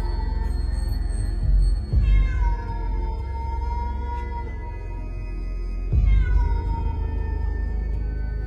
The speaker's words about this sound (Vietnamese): con mèo vẫn cứ nhảy nhót quanh nhà, kêu lên thê thiết.